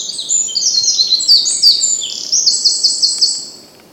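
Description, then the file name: Eurasian wren song, an energetic run of very high chattering notes and crisp trills for over three seconds before fading. "Troglodytes troglodytes"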